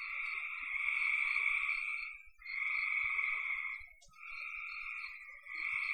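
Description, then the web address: Frogs calling in long buzzy trills, four drawn-out bouts separated by short pauses, over a faint high hiss. "cn frogs"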